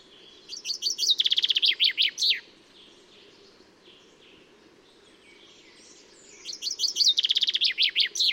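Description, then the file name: Common chaffinch singing two songs about six seconds apart, each a run of high notes quickening into a rapid trill and then falling notes, the second cut off at the end; faint soft notes between. "Fringilla coelebs"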